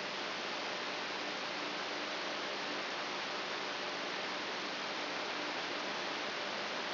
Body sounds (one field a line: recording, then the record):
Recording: brain microelectrode recording played as sound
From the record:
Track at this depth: inside the subthalamic nucleus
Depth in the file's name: 5.816 mm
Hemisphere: left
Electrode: 3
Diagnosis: Parkinson's disease